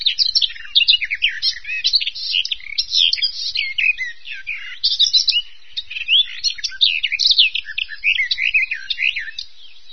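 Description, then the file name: Bird song: a dense, rapid jumble of high chirps, trills and twittering notes, delivered in continuous bursts with barely any pause. "vogel"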